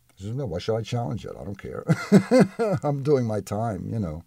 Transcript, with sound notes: I says, "No, why should I challenge it? I don't care!" [Laughs] I'm doing my time, you know!